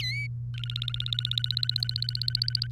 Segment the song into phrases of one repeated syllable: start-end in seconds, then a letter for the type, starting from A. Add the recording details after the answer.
0.00-0.27 A, 0.54-2.67 B. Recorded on 3 May 2018 at 12:22. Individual llb3